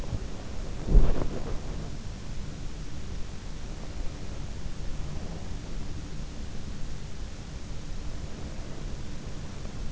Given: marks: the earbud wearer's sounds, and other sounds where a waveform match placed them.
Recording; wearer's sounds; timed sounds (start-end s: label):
sounds in sleep by an in-ear microphone; body movement
0.00-1.96 s: body movement